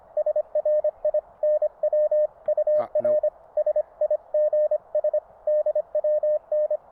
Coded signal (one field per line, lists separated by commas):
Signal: Morse code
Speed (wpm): 25 wpm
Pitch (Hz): 610 Hz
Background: radio noise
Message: SRI NW UR SIGS DWN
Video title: QRP Radio Camping, Kites & Fireworks.